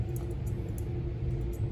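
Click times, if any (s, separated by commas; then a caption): none. The ratchet lock on the handles of a Castroviejo-style ophthalmic micro needle holder is closed gently, without mashing, but not done correctly. Only a steady low hum with a few faint, brief high ticks is heard. The ratchet has not clicked or engaged yet.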